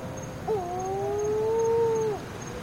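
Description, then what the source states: Wedge-tailed shearwater moaning call: one sustained, slightly rising wail held for nearly two seconds before dropping off, with a faint steady high trill behind. Three wedge-tailed shearwaters calling, described as mourning the loss of their partners.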